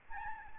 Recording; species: mosquito wingbeat signal from an infrared sensor; Aedes albopictus